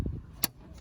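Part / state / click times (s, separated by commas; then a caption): headlamp bulb retaining clip into headlamp housing / seated / 0.4 s. The blue retaining clip for a 2017 GMC Acadia headlamp bulb is pushed by hand into its spot in the headlamp housing. After a faint low bump near the start, a single sharp, bright click sounds at 0.4 s, and the clip seats in place.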